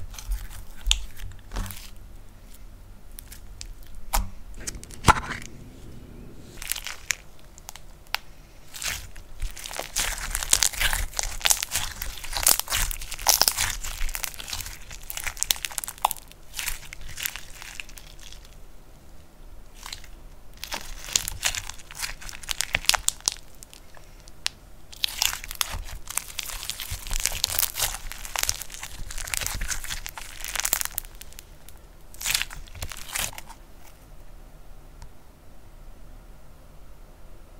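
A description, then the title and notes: Crackly crunching of slime being pressed and poked, in dense bursts of tiny pops that come and go over the clip, busiest around 10–18 and 25–33 seconds. A low steady hum sits underneath, and the quieter gaps are nearly still. Slime Sounds Crunchy, Poking, Stretching, Pressing.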